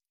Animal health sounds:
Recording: hydrophone in a shrimp aquaculture tank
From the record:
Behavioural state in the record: stressed

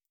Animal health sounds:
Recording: hydrophone in a shrimp aquaculture tank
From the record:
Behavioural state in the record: starved

